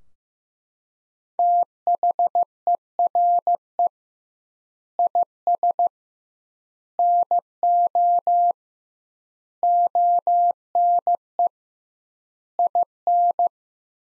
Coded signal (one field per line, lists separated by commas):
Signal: Morse code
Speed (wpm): 15 wpm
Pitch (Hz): 700 Hz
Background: none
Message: THERE IS NO ONE IN